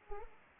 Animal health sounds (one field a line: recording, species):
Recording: mosquito wingbeat signal from an infrared sensor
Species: Anopheles arabiensis